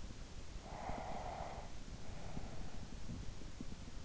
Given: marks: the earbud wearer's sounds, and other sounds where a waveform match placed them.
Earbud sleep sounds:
sounds in sleep by an in-ear microphone; breath
0.18-3.32 s: breath

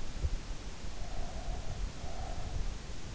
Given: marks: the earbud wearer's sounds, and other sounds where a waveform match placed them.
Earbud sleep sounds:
sounds in sleep by an in-ear microphone; breath
0.54-3.06 s: breath

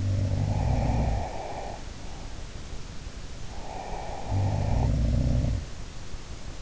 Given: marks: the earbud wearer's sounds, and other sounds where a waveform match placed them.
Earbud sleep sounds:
sounds in sleep by an in-ear microphone; breath
0.00-2.38 s: sound from someone else or the room
0.34-2.38 s: breath
3.53-5.16 s: breath
4.16-5.90 s: sound from someone else or the room

